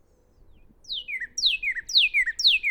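Northern cardinal song: a quiet lead-in, then a run of loud whistled notes, each slurring sharply downward and ending in a low flick, growing louder.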